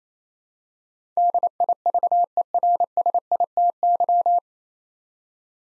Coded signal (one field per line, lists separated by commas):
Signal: Morse code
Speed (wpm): 27 wpm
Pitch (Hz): 700 Hz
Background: none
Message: DIVERSITY